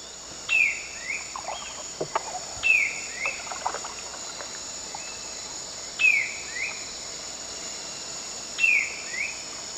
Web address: Natures Songs S America Eastern Lowlands. Schiffornis major, song